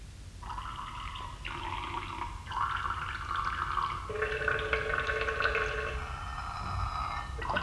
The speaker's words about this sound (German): Was hast du da eben getan? Ich musste nur mal bloß rasch. Im Treppenhaus? Was du suchtest, ist am Ende des Ganges rechts. Ich habe mir eine Melodie gepinkelt. Hör zu.